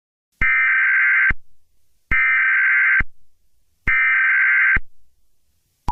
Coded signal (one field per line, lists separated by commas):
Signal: Emergency Alert System (SAME) tones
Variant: header bursts